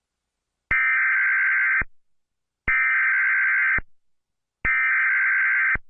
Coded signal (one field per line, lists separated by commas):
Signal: Emergency Alert System (SAME) tones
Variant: header bursts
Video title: EAS Mock: Bad Storm 5/7/11